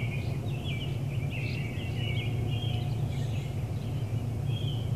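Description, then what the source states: Birds chirping with quick, rising and falling high notes in bursts, over a heavy, unbroken low hum. Birds chirping in an urban area.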